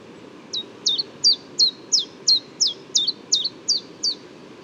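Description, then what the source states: Common chiffchaff song: a steady series of eleven sharp, high, quickly falling notes, about three per second, over low background rumble. Newly arrived migrant, not yet paired with a female, so its song is more elaborate; Bois de Vincennes, 6 April 2018.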